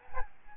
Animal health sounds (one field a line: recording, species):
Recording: mosquito wingbeat signal from an infrared sensor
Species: Aedes albopictus